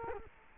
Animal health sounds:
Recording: mosquito wingbeat signal from an infrared sensor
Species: Culex quinquefasciatus

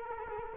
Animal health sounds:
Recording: mosquito wingbeat signal from an infrared sensor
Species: Culex quinquefasciatus

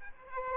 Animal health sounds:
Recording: mosquito wingbeat signal from an infrared sensor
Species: Aedes aegypti

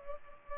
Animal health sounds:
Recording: mosquito wingbeat signal from an infrared sensor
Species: Culex pipiens

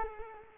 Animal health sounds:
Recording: mosquito wingbeat signal from an infrared sensor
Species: Culex quinquefasciatus

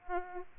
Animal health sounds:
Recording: mosquito wingbeat signal from an infrared sensor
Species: Aedes aegypti

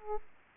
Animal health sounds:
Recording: mosquito wingbeat signal from an infrared sensor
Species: Aedes aegypti

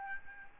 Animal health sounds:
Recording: mosquito wingbeat signal from an infrared sensor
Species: Aedes albopictus

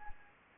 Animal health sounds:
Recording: mosquito wingbeat signal from an infrared sensor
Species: Anopheles arabiensis

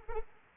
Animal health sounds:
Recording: mosquito wingbeat signal from an infrared sensor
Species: Anopheles arabiensis

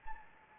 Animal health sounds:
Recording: mosquito wingbeat signal from an infrared sensor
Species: Anopheles gambiae

